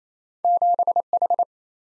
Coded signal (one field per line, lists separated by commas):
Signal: Morse code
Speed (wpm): 38 wpm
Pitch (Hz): 700 Hz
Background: none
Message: 7H